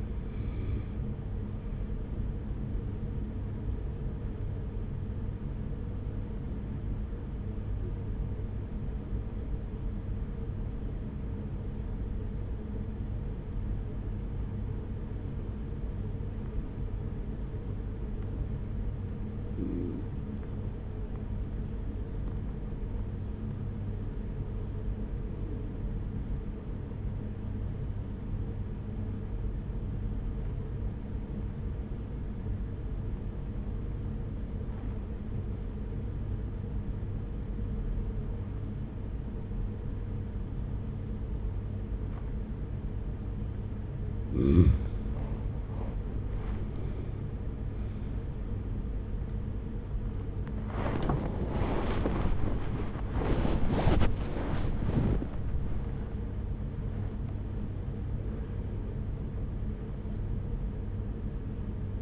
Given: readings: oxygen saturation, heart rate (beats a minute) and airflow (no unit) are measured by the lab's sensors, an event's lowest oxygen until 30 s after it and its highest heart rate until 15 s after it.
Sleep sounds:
breathing in sleep by a smartphone at the bedside; 1
3.00-45.10 s: hypopnea (N1, oxygen 97% highest, then 88% lowest, heart rate 41 at the start, 73 highest)
49.00-62.02 s: new sleep stage, awake
51.00-62.02 s: awake
From the record:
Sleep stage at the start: N1 (lightest sleep); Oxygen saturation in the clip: 88 to 97%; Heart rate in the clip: 41 to 76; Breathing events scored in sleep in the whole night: 210 in 6.9 hours asleep

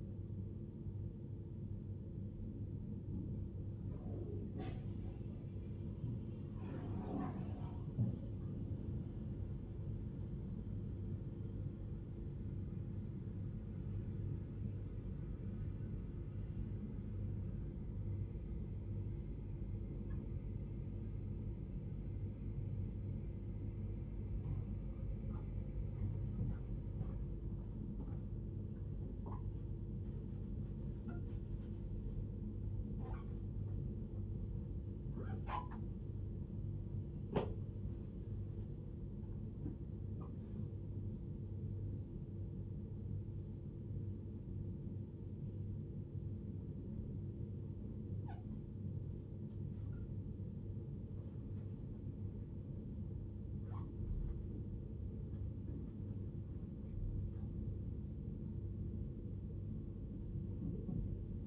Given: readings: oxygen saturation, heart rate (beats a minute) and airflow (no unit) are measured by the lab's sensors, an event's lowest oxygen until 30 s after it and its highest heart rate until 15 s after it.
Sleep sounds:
a person awake in a sleep study, by a smartphone at the bedside; none
0.00-61.47 s: awake
From the record:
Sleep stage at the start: awake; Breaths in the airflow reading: 19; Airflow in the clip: -0.7 to 0.7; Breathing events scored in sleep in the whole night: 101 in 7.3 hours asleep

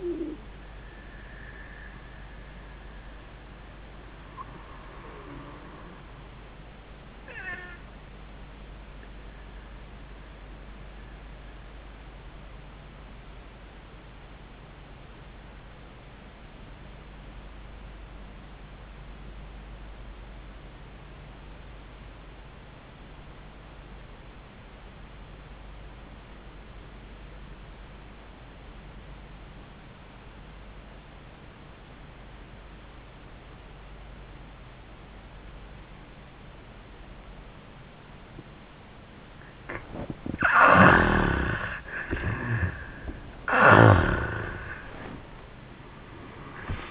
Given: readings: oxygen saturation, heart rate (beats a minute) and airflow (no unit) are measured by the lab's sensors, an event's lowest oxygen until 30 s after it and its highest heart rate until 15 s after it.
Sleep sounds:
breathing in sleep by a voice recorder at the bedside; 1
10.00-39.90 s: obstructive apnea (N1, oxygen 94% highest, then 69% lowest, heart rate 83 at the start, 92 highest)
22.00-46.91 s: new sleep stage, REM sleep
From the record:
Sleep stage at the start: N1 (lightest sleep); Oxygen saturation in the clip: 68 to 94%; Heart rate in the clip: 69 to 91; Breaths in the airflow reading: 3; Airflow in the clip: -27.3 to 10.6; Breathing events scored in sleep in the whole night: 400 in 8.7 hours asleep

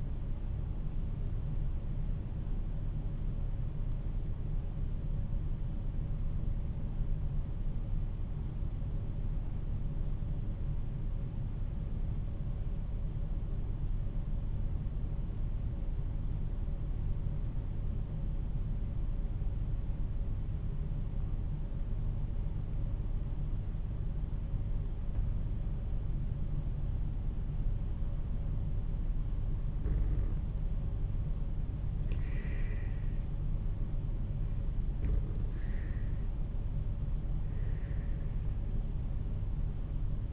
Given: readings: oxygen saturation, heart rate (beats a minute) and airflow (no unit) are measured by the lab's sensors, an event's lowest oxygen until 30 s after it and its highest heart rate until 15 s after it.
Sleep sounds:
breathing in sleep by a smartphone at the bedside; 1
8.00-26.50 s: hypopnea (N1, oxygen 96% highest, then 90% lowest, heart rate 49 at the start, 53 highest)
From the record:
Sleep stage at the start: N1 (lightest sleep); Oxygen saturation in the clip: 92 to 96%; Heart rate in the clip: 47 to 54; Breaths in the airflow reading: 7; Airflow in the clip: -7.7 to 9.7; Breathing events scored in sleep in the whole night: 388 in 6.5 hours asleep

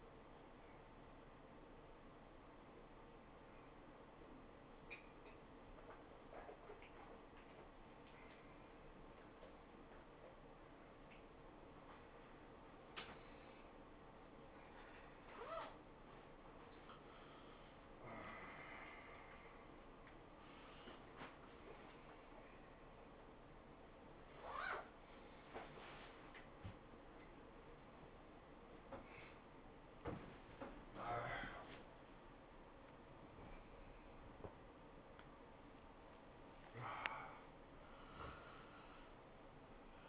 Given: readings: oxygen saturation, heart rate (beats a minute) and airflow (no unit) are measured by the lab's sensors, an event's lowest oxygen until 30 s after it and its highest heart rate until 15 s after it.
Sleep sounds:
a person awake in a sleep study, by a voice recorder at the bedside; none
0.00-40.09 s: awake
From the record:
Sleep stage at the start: awake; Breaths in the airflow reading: 14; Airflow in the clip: -0.6 to 0.8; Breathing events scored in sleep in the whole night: 403 in 5.5 hours asleep

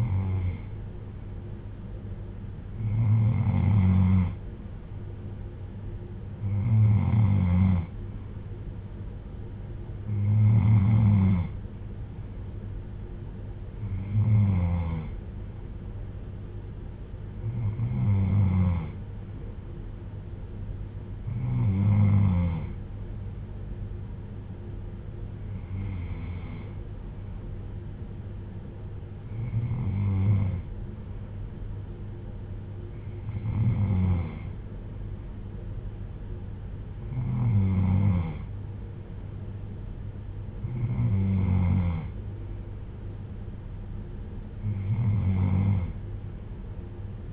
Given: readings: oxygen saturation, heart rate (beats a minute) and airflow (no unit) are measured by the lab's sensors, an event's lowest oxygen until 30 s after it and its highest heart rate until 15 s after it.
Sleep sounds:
breathing in sleep by a smartphone at the bedside; none
none scored
From the record:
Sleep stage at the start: N3 (deep sleep); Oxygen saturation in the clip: 93 to 95%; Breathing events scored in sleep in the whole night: 310 in 8.1 hours asleep

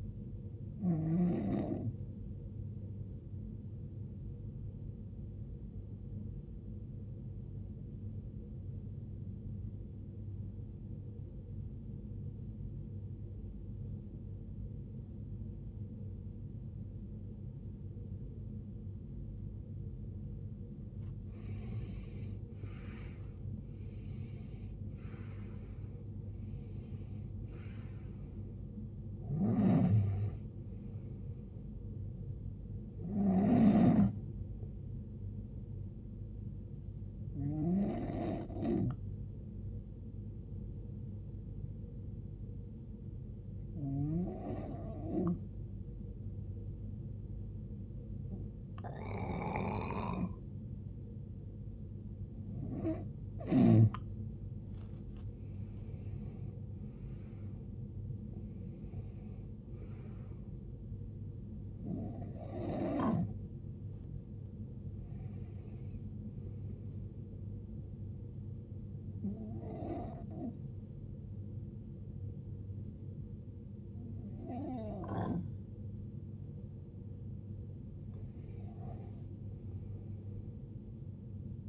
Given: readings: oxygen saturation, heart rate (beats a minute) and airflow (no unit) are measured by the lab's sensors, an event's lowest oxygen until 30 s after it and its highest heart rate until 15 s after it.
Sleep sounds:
breathing in sleep by a smartphone at the bedside; 2
8.00-23.20 s: obstructive apnea (N1, oxygen 94% highest, then 84% lowest, heart rate 61 at the start, 78 highest)
41.00-54.30 s: hypopnea (N1, oxygen 92% highest, then 88% lowest, heart rate 68 at the start, 82 highest)
From the record:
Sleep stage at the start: N1 (lightest sleep); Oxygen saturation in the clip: 81 to 94%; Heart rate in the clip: 53 to 82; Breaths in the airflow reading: 16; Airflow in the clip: -19.9 to 18.8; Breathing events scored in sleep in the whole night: 389 in 6.3 hours asleep

